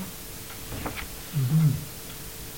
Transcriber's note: turns page